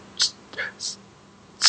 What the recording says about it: Why wait for a stutter to occur when we could stutter on purpose and then cancel it out or pull out of it or use a preparatory set? An example of a cancellation, you go to a restaurant, you choose a word like spaghetti to stutter on purpose on. You cancel it out.